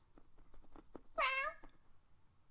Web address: tarkustrooper Cody the Cat being Cody the Cat [Some purring][Licking plastic][Some fussing]